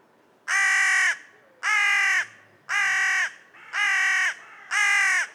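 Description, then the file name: Carrion crow calling five harsh, hoarse caws, each about half a second long, spaced roughly a second apart. "Corvus corone"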